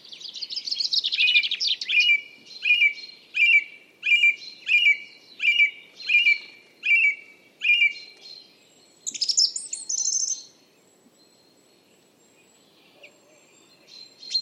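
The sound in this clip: Song thrush singing a longer opening phrase, then a brisk phrase repeated several times in a row, each a short clear burst, then a higher twittering flourish and a pause before faint notes.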